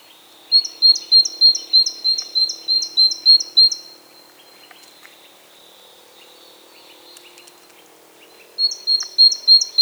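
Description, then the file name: Great tit song: a fast, ringing series of high two-note phrases repeated about three times a second, a long quiet pause of nearly five seconds, then the phrases start again. "Parus major"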